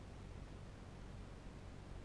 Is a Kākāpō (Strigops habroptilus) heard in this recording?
no